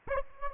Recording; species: mosquito wingbeat signal from an infrared sensor; Aedes aegypti